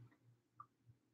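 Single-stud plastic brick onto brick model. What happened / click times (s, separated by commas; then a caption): A small plastic brick snapped onto the build / 0.6 s. A single-stud green plastic brick is pressed onto a FOCO BRXLZ Michigan State football helmet brick model. One short, sharp tick is heard at 0.6 s over a low, steady hum, and the brick seats in place.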